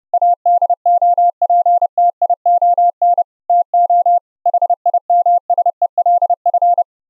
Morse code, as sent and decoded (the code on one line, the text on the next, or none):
.- -.. --- .--. - .. --- -. / - --- / .... .. -- ... . .-.. ..-.
ADOPTION TO HIMSELF